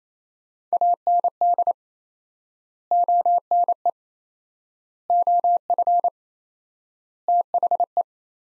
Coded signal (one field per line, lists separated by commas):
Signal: Morse code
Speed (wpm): 28 wpm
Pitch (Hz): 700 Hz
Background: none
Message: AND ONE OF THE